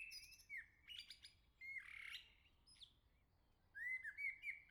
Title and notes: Le Merle salue l'été, La Jarrie, France. Quel Sol!!!! pour saluer l'arrivée de l'été ce matin! Merci Jolie Merle de tes vocalises à proximité!